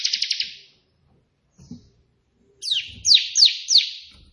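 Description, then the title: Prinia song: the tail of a buzzy trill, a pause with a faint thump, then four sharp descending chirps at intervals of under half a second. Three song variations of the white prinia, suited as tutor song for pet prinias. "3 VARIASI TEMBAKAN prenjak putih ini COCOK untuk masteran prenjak anda"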